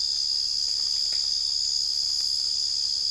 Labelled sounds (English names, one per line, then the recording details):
none
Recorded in secondary vegetation near Puerto Asís, Putumayo, Colombia, on 20 December 2024 at 04:00
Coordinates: 0.484, -76.319
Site GP06